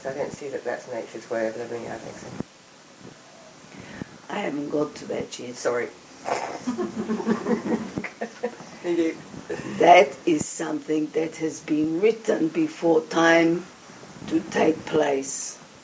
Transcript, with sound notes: I don't see that that is Nature's way of living.
I haven't got to that yet.
Sorry. (Laughter)
That is something that has been written before time to take place.